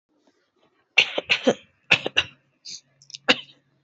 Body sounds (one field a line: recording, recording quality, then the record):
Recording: shallow voluntary cough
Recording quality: excellent, no background noise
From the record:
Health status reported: healthy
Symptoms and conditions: none ticked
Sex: female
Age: 26 years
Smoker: not ticked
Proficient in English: yes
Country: India